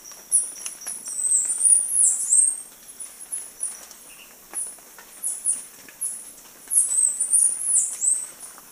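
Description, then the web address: Chestnut-capped brush finch giving rapid, very high, thin squeaky notes in irregular clusters throughout, over faint hiss. Recorded in Ecuador, South America. "Natures Songs S America Birds of Ecuador Chestnut-capped Brush-Finch"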